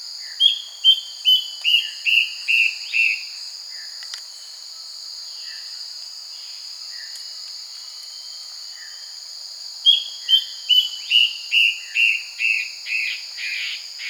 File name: Yellow browed antbird